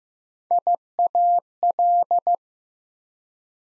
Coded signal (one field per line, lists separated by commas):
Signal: Morse code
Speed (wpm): 15 wpm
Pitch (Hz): 700 Hz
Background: none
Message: IAL